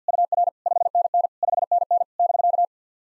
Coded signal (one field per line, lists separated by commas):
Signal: Morse code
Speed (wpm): 52 wpm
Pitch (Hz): 700 Hz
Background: none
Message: UR 5NN 5NN <BK>